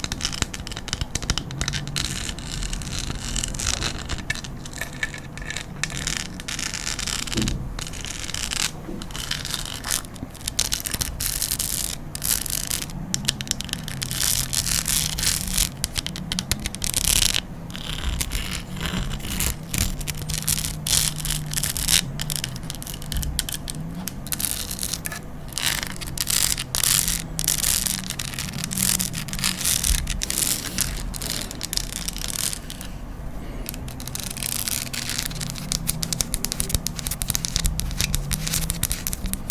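Continuous scratching and rubbing against a fluffy mic, with dense, bright brushing textures that fill the whole 40 seconds. Frequent short taps and crackles are scattered throughout, and a low, wavering hum runs underneath. The loudness stays fairly even from start to finish.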